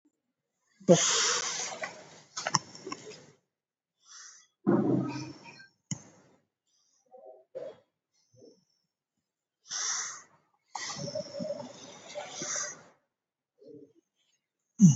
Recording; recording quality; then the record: deep breathing; moderate, slight background noise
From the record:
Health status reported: recovered from COVID-19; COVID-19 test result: positive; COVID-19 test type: RT-PCR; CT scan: not taken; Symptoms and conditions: breathing difficulty, asthma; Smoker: yes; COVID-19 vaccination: both doses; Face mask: not worn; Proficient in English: yes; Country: India